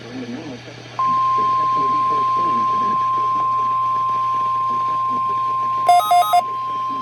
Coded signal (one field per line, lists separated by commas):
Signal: Emergency Alert System (SAME) tones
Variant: 1050 Hz attention tone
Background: speech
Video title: 11/13/24 - KHB38 & WXJ94 Required Weekly Tests (EAS #1157 & EAS #1158)